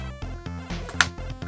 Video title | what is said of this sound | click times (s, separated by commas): Updating Amiga1200 to OS 3.2.3 - New roms, turbocard, CF card etc | It makes that nice click sound. So that means everything is fine. | 1.0 s